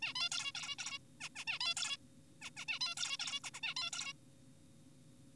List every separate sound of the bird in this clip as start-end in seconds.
0.02-0.13, 0.15-0.29, 0.32-0.52, 0.55-0.75, 0.79-0.99, 1.21-1.29, 1.36-1.45, 1.47-1.59, 1.61-1.74, 1.77-1.97, 2.42-2.50, 2.57-2.65, 2.68-2.79, 2.81-2.95, 2.97-3.17, 3.19-3.40, 3.44-3.51, 3.54-3.61, 3.63-3.74, 3.77-3.91, 3.93-4.13